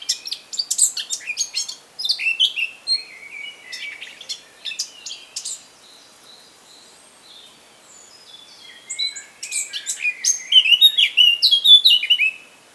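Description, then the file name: Eurasian blackcap song in fast, scratchy warbled phrases mixed with clear notes, a quieter stretch midway, then a louder rich burst near the end. "Sylvia atricapilla"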